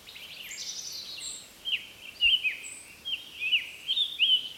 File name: طائر التانجر الصيفي